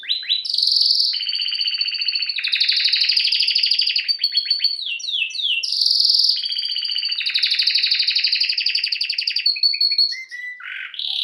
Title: Esquente Seu Filhote E Canario Belga Macho Cantando Muito